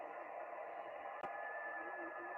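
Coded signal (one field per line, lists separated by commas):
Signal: FT4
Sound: many faint overlapping warbling tones in a hissy band, one sharp click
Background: radio static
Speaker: of course that sign you here is ft4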